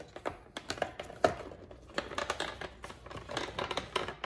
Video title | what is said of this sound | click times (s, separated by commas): 2018-2020 Honda Accord Touring Sequential mirror signals install and review | As you can hear, things are starting to click into place. | 1.2 s, 4.0 s